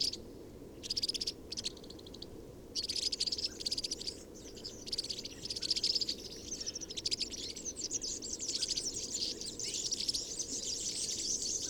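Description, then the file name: European serin song: rapid, high, sizzling jingles, first in short bursts separated by pauses, then running on almost without a break, with a low steady background hum. Recorded on 22 January 2017 at Binsham. "Girlitz. Binsham. Susanne Rieck"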